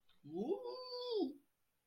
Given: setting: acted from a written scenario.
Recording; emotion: vocal sound without words; pride